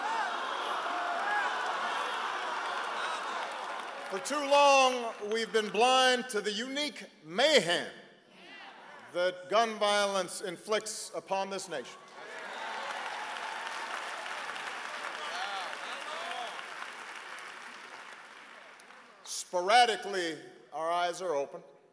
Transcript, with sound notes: -- For too long, we’ve been blind to the unique mayhem that gun violence inflicts upon this nation. (Applause.) Sporadically, our eyes are open: